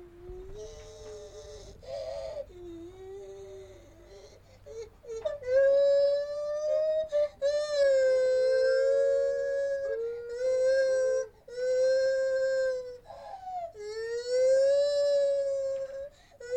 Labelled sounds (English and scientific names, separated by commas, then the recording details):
Lar Gibbon (Hylobates lar)
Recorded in captivity
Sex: pair
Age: adult
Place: Tierpark Berlin, Berlin, DE
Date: 1984-01-22 11:18
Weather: bedeckt, zeitweise leichter Schneefall, ca. -3 °C
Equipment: Uher 4000 Report Monitor, PMB E 370 (Kondensatormikro - Superniere)
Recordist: Tembrock, Günter